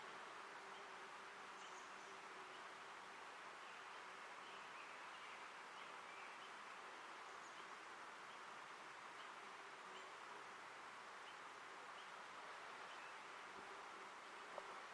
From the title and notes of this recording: Ancient Forest Preserve, a 40 acre non-contiguous annex to the 5200 acre Forest Park of Portland, Oregon, one of the largest urban parks in the US.